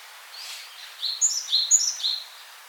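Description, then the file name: Great tit song: a few quick phrases, each a piercing high note followed by lower ones, over a light background hiss. "Parus major"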